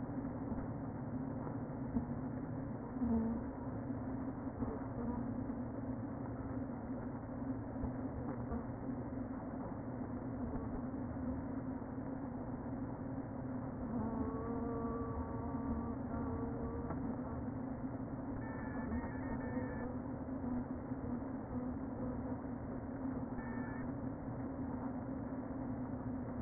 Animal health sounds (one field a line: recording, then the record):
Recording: honeybee colony, microphone inside the hive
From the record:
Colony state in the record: queen present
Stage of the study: before two queens were removed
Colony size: about 60,000 bees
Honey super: yes